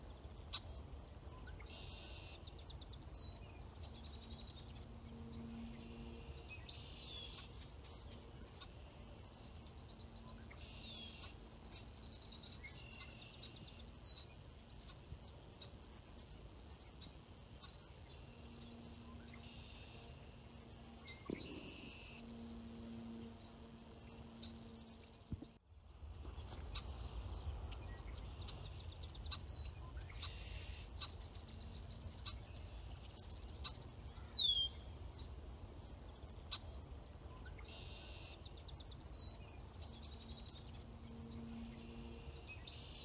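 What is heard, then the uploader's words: Birdsong beside a lake at sundown, with short, bright calls repeating every few seconds. A steady low rumble and a faint, intermittent hum sit underneath. The sound briefly drops out near 25 seconds, and a sharp high chirp stands out around 34 seconds. Birdsong, and the sun going down on nature, beside Lake Ontario, Canada.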